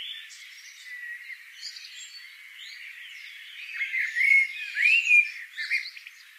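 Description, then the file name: Eurasian blackbird with soft, scratchy twittering that builds to a few louder, clearer whistled squawks near the end. "Turdus merula"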